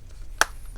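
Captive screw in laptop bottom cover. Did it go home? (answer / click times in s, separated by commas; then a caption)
released / 0.4 s. One of the two captive screws at the top of the plastic bottom cover of an HP Omen 15 CE011DX laptop is unscrewed, and a single sharp, bright click sounds at 0.4 s over a faint low background. The click means the screw has disengaged from its thread and is released, though it stays captive in the cover.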